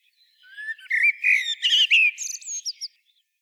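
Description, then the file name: Common blackbird giving a short warbled phrase of rising whistles and rapid twittering notes, ending in high squeaky chirps, with no other sounds. "Turdus merula"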